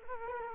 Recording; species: mosquito wingbeat signal from an infrared sensor; Culex quinquefasciatus